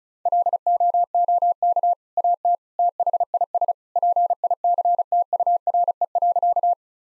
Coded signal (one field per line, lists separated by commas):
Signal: Morse code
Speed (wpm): 36 wpm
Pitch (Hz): 700 Hz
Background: none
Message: LOOK AT THIS PICTURE.